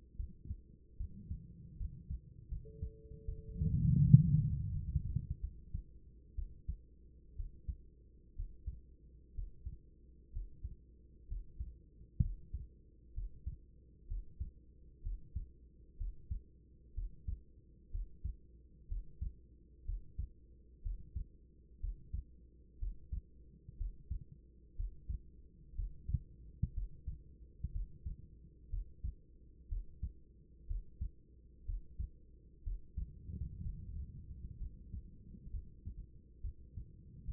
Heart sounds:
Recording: heart sounds by stethoscope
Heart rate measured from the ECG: 65 bpm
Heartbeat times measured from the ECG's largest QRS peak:
0.16 s: heartbeat
0.97 s: heartbeat
1.77 s: heartbeat
2.48 s: heartbeat
3.25 s: heartbeat
4.04 s: heartbeat
4.72 s: heartbeat
5.40 s: heartbeat
6.35 s: heartbeat
7.36 s: heartbeat
8.35 s: heartbeat
9.34 s: heartbeat
10.32 s: heartbeat
11.27 s: heartbeat
12.20 s: heartbeat
13.13 s: heartbeat
14.07 s: heartbeat
15.02 s: heartbeat
15.96 s: heartbeat
16.93 s: heartbeat
17.90 s: heartbeat
18.87 s: heartbeat
19.84 s: heartbeat
20.82 s: heartbeat
21.80 s: heartbeat
22.78 s: heartbeat
23.77 s: heartbeat
24.75 s: heartbeat
25.75 s: heartbeat
26.73 s: heartbeat
27.71 s: heartbeat
28.69 s: heartbeat
29.68 s: heartbeat
30.66 s: heartbeat
31.65 s: heartbeat
32.63 s: heartbeat
33.61 s: heartbeat
34.57 s: heartbeat
35.50 s: heartbeat
36.41 s: heartbeat
37.24 s: heartbeat
From the record:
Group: healthy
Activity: rest 0-5 s, breath hold 5-35 s, rest 35-37 s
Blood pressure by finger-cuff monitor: 108/73 mmHg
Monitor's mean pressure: 87 mmHg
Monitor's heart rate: 61 bpm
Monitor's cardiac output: 5 L/min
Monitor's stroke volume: 80 mL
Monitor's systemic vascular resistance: 1240 dyn s/cm5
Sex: female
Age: 24 years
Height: 163 cm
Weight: 55.7 kg

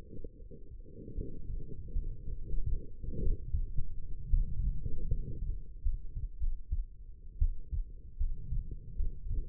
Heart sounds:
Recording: heart sounds by stethoscope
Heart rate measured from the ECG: 77 bpm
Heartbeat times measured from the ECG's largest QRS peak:
0.36 s: heartbeat
1.14 s: heartbeat
1.92 s: heartbeat
2.69 s: heartbeat
3.21 s: heartbeat
4.30 s: heartbeat
5.08 s: heartbeat
5.82 s: heartbeat
6.39 s: heartbeat
7.38 s: heartbeat
8.17 s: heartbeat
8.96 s: heartbeat
From the record:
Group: healthy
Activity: rest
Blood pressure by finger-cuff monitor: 109/63 mmHg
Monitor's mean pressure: 75 mmHg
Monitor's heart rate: 76 bpm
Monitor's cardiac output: 6.6 L/min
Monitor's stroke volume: 85 mL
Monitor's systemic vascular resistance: 810 dyn s/cm5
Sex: female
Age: 22 years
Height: 171 cm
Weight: 65.6 kg

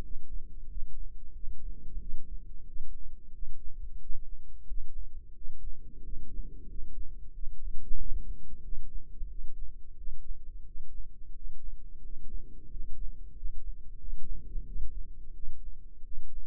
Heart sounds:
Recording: heart sounds by microphone in the left ear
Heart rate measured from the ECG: 90 bpm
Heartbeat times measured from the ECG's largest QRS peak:
0.66 s: heartbeat
1.31 s: heartbeat
1.97 s: heartbeat
2.64 s: heartbeat
3.31 s: heartbeat
3.98 s: heartbeat
4.65 s: heartbeat
5.32 s: heartbeat
6.00 s: heartbeat
6.66 s: heartbeat
7.31 s: heartbeat
7.95 s: heartbeat
8.61 s: heartbeat
9.27 s: heartbeat
9.94 s: heartbeat
10.63 s: heartbeat
11.32 s: heartbeat
12.00 s: heartbeat
12.67 s: heartbeat
13.33 s: heartbeat
13.98 s: heartbeat
14.64 s: heartbeat
15.31 s: heartbeat
16.01 s: heartbeat
From the record:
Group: healthy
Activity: rest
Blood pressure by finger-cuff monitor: 112/74 mmHg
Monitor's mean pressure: 87 mmHg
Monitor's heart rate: 90 bpm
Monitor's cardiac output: 7.3 L/min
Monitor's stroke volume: 82 mL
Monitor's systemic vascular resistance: 850 dyn s/cm5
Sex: male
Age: 33 years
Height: 179 cm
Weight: 80.4 kg

